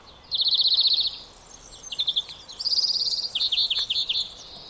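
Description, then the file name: European greenfinch rattling trill followed by a run of quick chirping notes and a second trill, all high-pitched and fast. "Chloris chloris"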